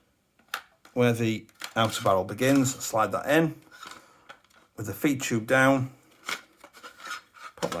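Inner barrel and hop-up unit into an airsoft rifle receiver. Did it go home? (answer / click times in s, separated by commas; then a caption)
yes / 7.6 s, 7.7 s. Someone talks while the inner barrel and hop-up unit are slid into the receiver of a Jing Gong T3 K2 RIS airsoft rifle with the feed tube facing down, with faint rubbing and small handling taps along the way. The assembly is pushed all the way forward, and sharp clicks at 7.6 s and 7.7 s mark it seating in place.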